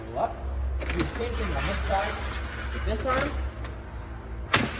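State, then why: Seated. On a 2008 Keystone Cougar 276RLS travel trailer, the RV awning support arm on the second side is moved into position while someone talks. It latches into its locking bracket with a sharp click at 4.5 s, locking into place.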